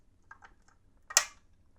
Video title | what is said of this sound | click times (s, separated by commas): T/C Compass 6.5 Creedmoor ~1500 Round Update | it popped there | 1.2 s